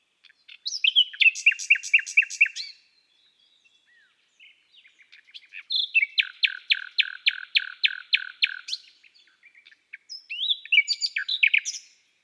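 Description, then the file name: Common nightingale song: three loud phrases of quickly repeated rich notes separated by quieter stretches, the middle phrase a long even rattle. "Rossignol philomele Chants doiseaux des bois et des forets"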